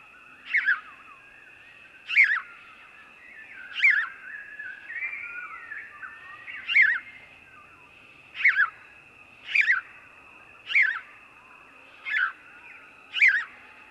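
House sparrow song of harsh, chirped notes, about ten of them repeated roughly every one to two seconds, with a constant high-pitched whine underneath.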